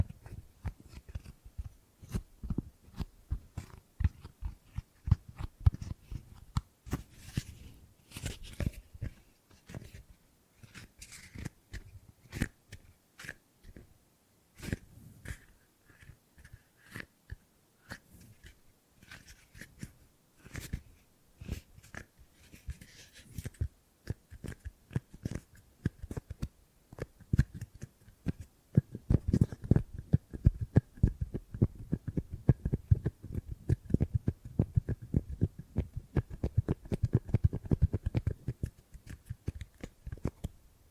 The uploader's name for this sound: Gripping and Grabbing Sounds